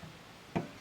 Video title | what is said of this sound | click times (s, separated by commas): Repairing 3 NES Nintendo Systems / 72 Pin Game Connector | there's a click | 0.6 s